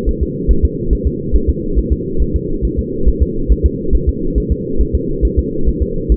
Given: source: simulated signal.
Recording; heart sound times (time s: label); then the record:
fetal heart sounds
0.09 s: S1
0.23 s: S2
0.51 s: S1
0.65 s: S2
0.93 s: S1
1.07 s: S2
1.35 s: S1
1.49 s: S2
1.78 s: S1
1.92 s: S2
2.22 s: S1
2.36 s: S2
2.65 s: S1
2.79 s: S2
3.08 s: S1
3.22 s: S2
3.52 s: S1
3.66 s: S2
3.95 s: S1
4.09 s: S2
4.38 s: S1
4.52 s: S2
4.81 s: S1
4.95 s: S2
5.25 s: S1
5.39 s: S2
5.69 s: S1
5.82 s: S2
6.12 s: S1
From the record:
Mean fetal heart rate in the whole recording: 140 bpm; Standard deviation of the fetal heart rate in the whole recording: 2 bpm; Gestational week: 34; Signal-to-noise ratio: -8.1 dB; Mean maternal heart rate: 72 bpm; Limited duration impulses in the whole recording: absent